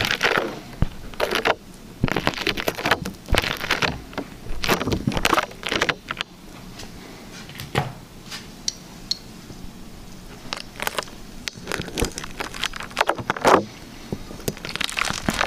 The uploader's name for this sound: Liquid Slime ASMR